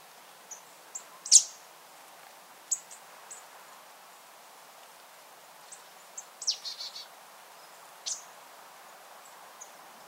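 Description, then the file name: Marsh tit calls: a handful of short, sharp, high notes scattered across ten seconds, the loudest near the start, with quiet gaps between. "Poecile palustris"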